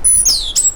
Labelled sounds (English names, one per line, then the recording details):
Stitchbird song
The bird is a male
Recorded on Tiritiri Matangi Island, New Zealand, in 2005
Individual 1, of nest box 1